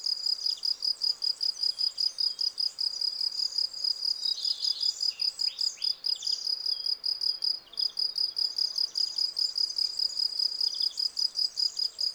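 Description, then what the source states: Field cricket chirps repeated rapidly and evenly, with bird song and occasional chirps in the background. Field crickets singing in a garden lawn at Val Maravel on 18 April 2020, three days into their singing, with fresh new wings giving clear stridulation; recorded on Nagra Seven with cardioid MKH40 microphone.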